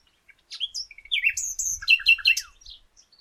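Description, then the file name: Common nightingale phrase of quick slurred chirps building into a series of repeated loud whistled notes. "Luscinia megarhynchos"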